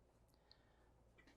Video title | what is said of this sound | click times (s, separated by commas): 2027 Newmar New Aire Walkthrough - Complete Owner Orientation & Feature Guide | Release. And that locks the wheel back in place. | 0.5 s